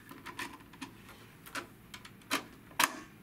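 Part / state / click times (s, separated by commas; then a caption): thermocouple scanner card into multimeter rear-panel slot / seated / 2.8 s. A 2001-TCSCAN thermocouple scanner card is pushed firmly into the rear-panel slot of a Keithley DMM6500 bench multimeter. Soft, scattered ticks sound as the card slides in, then a sharp, loud click at 2.8 s as the card seats.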